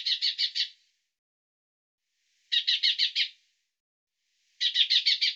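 Bird repeating short high trills of about five rapid notes, three runs roughly two seconds apart, with quiet gaps between.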